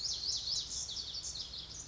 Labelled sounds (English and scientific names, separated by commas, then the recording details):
Pacific Wren (Troglodytes pacificus)
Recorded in Sonoma County, California